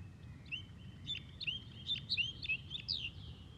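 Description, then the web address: Snow Bunting calls, a lively series of short high chirps and twitters over a faint steady tone and low background rumble. "tag snow-bunting"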